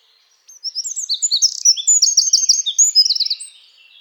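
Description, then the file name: Eurasian wren song: a fast, high, ringing run of chattering trills and chirps lasting roughly three seconds, with no other clear sounds. "Troglodytes troglodytes"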